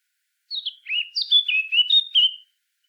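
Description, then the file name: Eurasian blackcap singing a quick, varied warble of clear whistled notes that dip and rise, lasting about two seconds against a silent background. "Sylvia atricapilla"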